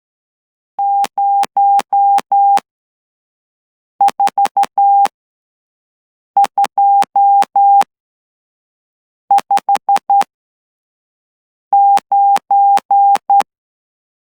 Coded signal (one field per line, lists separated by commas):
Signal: Morse code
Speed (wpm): 11 wpm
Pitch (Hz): 800 Hz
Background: none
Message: 04259